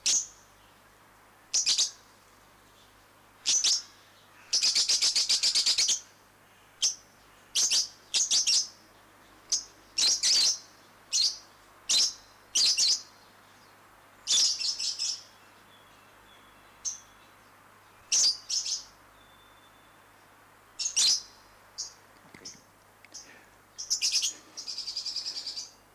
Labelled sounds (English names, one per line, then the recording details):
Fischer's Lovebird call
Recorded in captivity
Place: Tiergarten Wilhelma/Stuttgart, Baden-Württemberg, DE
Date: 2004-10-03 18:27
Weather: bedeckt - heiter, 17°C
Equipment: Sony WM-D6C, Sennheiser ME 80, Kopie Uher 4000 Report Monitor
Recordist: Tembrock, Günter